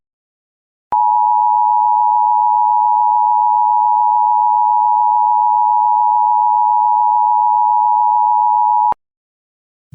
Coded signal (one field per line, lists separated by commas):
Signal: Emergency Alert System (SAME) tones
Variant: 853 and 960 Hz attention tone